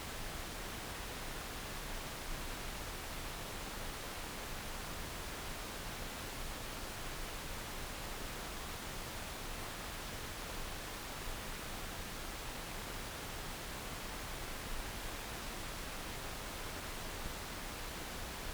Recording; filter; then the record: brain microelectrode recording played as sound; wide band, above 20 Hz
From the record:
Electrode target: subthalamic nucleus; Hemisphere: left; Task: reaching with the right hand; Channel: 2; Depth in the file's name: 0.251 mm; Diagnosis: Parkinson's disease